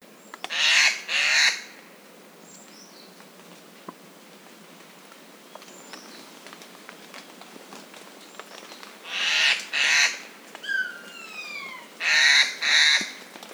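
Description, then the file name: Eurasian jay calling with loud, harsh, noisy screeches in pairs, three bursts spread throughout, with some falling whistled notes between the later ones. "Garrulus glandarius"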